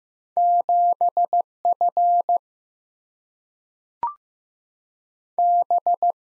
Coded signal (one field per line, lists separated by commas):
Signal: Morse code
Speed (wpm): 15 wpm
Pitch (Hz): 700 Hz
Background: none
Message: 7 F B